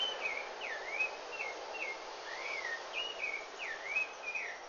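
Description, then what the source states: Rufous-bellied thrush singing a continuous series of fluty whistled notes, several dipping down and sweeping back up, delivered in quick succession against faint background hiss. Recorded in Brazil.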